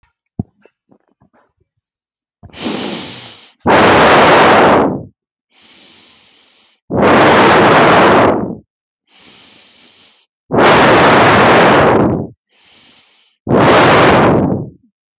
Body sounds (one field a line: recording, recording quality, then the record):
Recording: deep breathing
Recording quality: excellent, no background noise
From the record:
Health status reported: healthy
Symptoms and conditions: cough, hypertension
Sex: male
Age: 39 years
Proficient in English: yes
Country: India